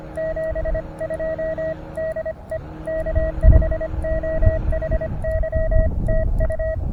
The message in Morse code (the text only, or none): 72 DE K5OHY TU